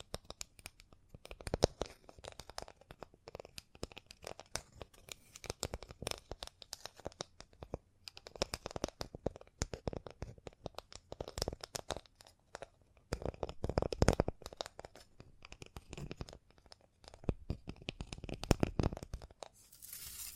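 ASMR triggers: a dense run of quick clicks, crinkles and scratchy rustles, like cards being shuffled or material handled. The sounds come in uneven bursts, busiest around the middle and near the end.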